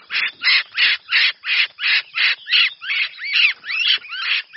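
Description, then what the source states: Red-whiskered bulbul giving steady harsh calls, about three a second, the later notes gaining a rising then falling whistled inflection. Distress call.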